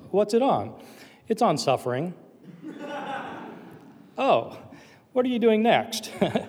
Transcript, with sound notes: “What’s it on?” “It’s on suffering.” (laughter) “Oh, what are you doing next?”